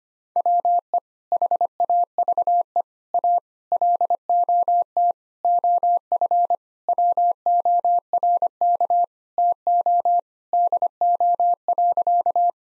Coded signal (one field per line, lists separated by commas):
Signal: Morse code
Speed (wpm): 25 wpm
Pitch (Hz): 700 Hz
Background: none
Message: WE HAVE A LOT OF WORK TO DO.